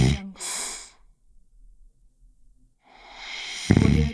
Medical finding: Snoring man.